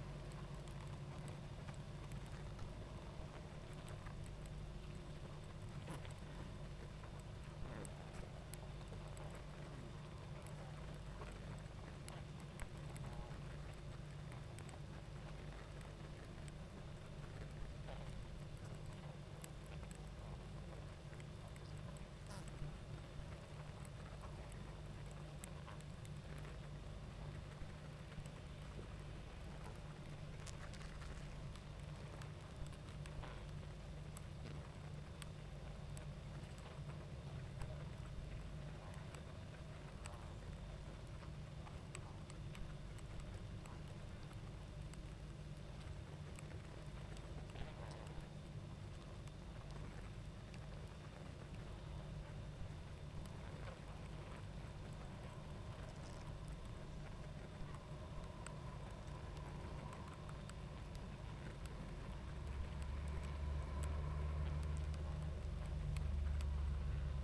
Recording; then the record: honeybee colony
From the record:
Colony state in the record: active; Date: 28 July 2017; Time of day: 20:52